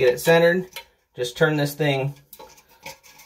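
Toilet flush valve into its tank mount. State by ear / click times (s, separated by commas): seated / 2.9 s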